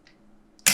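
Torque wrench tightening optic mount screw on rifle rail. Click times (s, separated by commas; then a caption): 0.7 s. A torque wrench tightens an optic mount screw on a rifle rail to 30 inch-pounds, with the optic in the forward position. After faint ticks near 0.1 s and 0.6 s, the wrench gives its second sharp, bright click at 0.7 s, confirming the screw has reached the setting.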